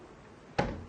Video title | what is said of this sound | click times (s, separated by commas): 🎥 Review #15 - One80 Gladiator 3 Dart Board 🎯 | snaps right into place and you just rotate your number ring that's awesome look at that | 0.6 s